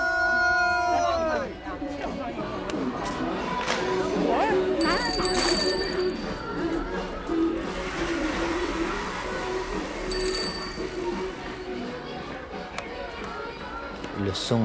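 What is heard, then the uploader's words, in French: Park ambience in Beijing: a dense murmur of voices, a ringing tone fading early on, and brief bright chimes and clinks around five and ten seconds. Ambiances dans un parc à Pékin (Beijing). Au parc de la Colline du Charbon.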